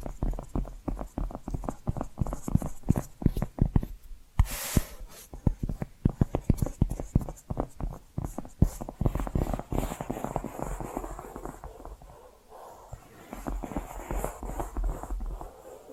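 Dense, quick tapping with sharp clicks gives way to softer, steady scratching from about ten seconds, with a brief hissy swipe near four seconds.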